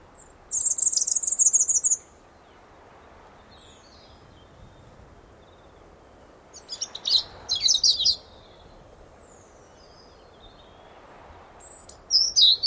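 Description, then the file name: European robin song in three separated phrases: a very high jingling trill, then a twittering burst, then another high tinkling phrase after a long pause. "Erithacus rubecula"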